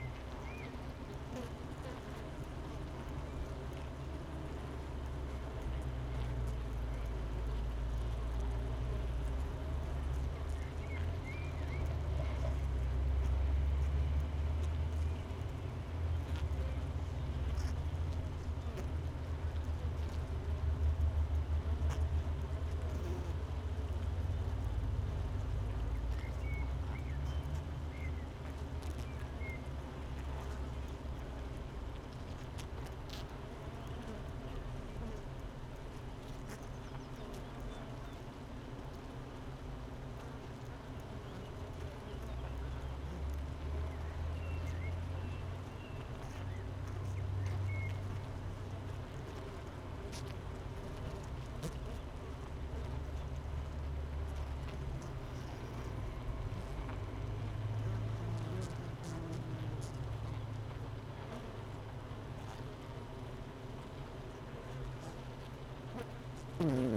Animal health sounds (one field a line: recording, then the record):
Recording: honeybee colony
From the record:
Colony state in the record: missing queen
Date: 31 May 2018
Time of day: 8:22